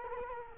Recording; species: mosquito wingbeat signal from an infrared sensor; Culex quinquefasciatus